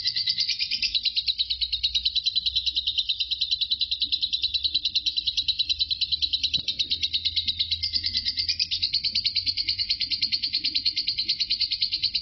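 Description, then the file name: Lovebird delivering a long, rapid chatter of high buzzy notes without a break; a single sharp click sounds partway through, with a low hum behind. Lovebird singing in the Indonesian ngekek style, one continuous bout lasting 5 minutes 25 seconds. "suara burung lovebird Marco durasi ngekek 5 menit 25 detik"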